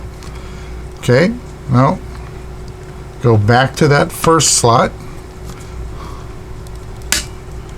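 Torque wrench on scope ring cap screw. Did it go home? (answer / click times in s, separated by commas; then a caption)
yes / 7.1 s. A torque wrench is turned on the first cap screw of a 7075 aluminum scope ring until it clicks at its setting. Someone talks, and then a sharp click is heard at 7.1 seconds, confirming the set torque has been reached.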